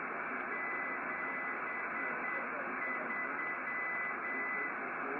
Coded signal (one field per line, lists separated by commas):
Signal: Morse code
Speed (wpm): 8 wpm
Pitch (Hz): 2000 Hz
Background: speech, radio noise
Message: 73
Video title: QSO des aînés 🧓 anime par HB3YMM et F4DZG 16/3/2022